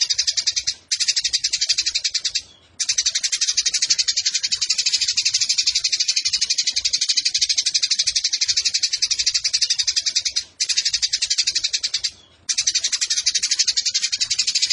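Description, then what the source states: Eurasian tree sparrow churring chatter, long runs of rapid high buzzy pulses separated by four brief silences. Used for bird song competitions; local song style 'tarung nembak panjang' (fighting, long shooting bursts); clear voice; master recording for training competition birds.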